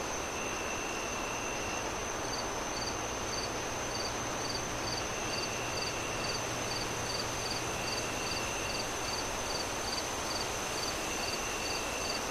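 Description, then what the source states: Cricket: after a couple of seconds, cricket chirps start up in a fast even series, set against constant rushing wind and a sustained high whine. Crickets chirping at night with wind howling through trees.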